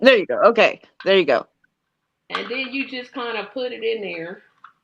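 Someone talks while a cartridge or needle part is being put into an injector pen by hand. A brief faint tap is heard near 4.7 s, but the part has not seated or clicked into place yet.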